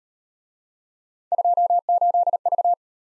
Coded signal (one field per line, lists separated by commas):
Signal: Morse code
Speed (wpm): 38 wpm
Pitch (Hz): 700 Hz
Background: none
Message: 28V